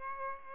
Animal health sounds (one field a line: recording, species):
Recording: mosquito wingbeat signal from an infrared sensor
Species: Aedes aegypti